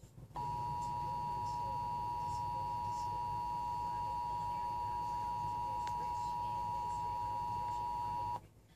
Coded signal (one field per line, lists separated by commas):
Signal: Emergency Alert System (SAME) tones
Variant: 853 and 960 Hz attention tone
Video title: TV EAS 20 and Radio EAS 12 - SVA 10